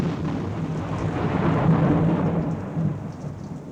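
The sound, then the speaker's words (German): A heavy, hot downpour falls on near-glowing sand at around 40 degrees, hissing steadily across the whole clip, with a low rumble of thunder swelling through the middle and fading toward the end. No voices. “Sie ist wie die Männer gekleidet, ohne Schutz gegen die Wassermassen, die herunterfallen.”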